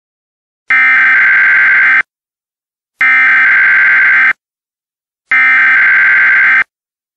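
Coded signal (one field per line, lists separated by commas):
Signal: Emergency Alert System (SAME) tones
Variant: header bursts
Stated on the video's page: Fictional EAS scenario, a simulated alert.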